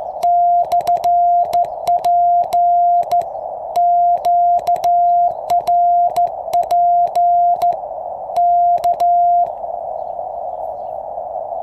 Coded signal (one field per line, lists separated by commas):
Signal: Morse code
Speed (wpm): 14 wpm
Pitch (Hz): 700 Hz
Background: none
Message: /P QRP K